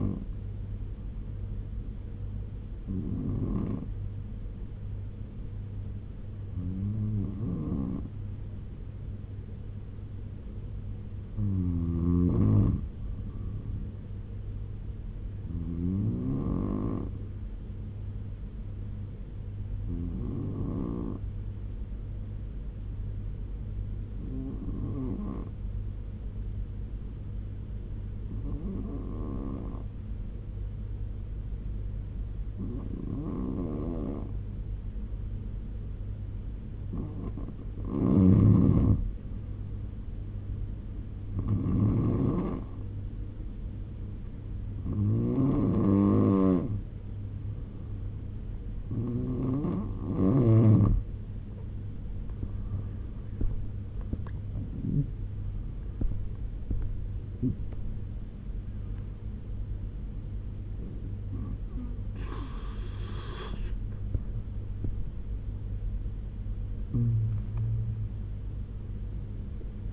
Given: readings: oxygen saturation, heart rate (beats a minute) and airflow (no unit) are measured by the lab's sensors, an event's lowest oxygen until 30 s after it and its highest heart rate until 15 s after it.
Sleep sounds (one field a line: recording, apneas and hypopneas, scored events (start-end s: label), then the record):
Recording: breathing in sleep by a smartphone at the bedside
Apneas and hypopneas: 1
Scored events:
10.00-34.70 s: hypopnea (N2, oxygen 94% highest, then 88% lowest, heart rate 76 at the start, 81 highest)
From the record:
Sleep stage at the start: N2 (light sleep)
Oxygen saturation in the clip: 88 to 94%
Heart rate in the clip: 68 to 89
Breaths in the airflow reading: 14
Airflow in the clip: -10.2 to 10.8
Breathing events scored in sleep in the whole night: 201 in 6.5 hours asleep